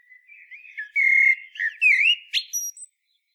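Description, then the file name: Common blackbird giving one short song phrase: mellow whistles that swell, then a squeaky, high-pitched finish. "Turdus merula"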